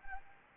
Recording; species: mosquito wingbeat signal from an infrared sensor; Anopheles arabiensis